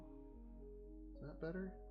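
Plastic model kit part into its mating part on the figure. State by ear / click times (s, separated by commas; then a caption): not seated / none. A plastic part from a Volks 1/100 scale VSMS Daccas the Black Knight model kit is handled as it is re-fitted into its mating part on the figure, after the builder was unhappy with the first fit. Steady background music plays while someone briefly talks. Nothing has seated or clicked yet.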